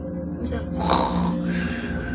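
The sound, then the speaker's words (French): A tired man lying asleep on a straw pallet gives a deep, rumbling snore drawn out over a couple of seconds, with a low guttural rasp that swells to a rougher peak midway before settling back into a steady drone. “Et bientôt, tu l'entends rassuré, ronfler.”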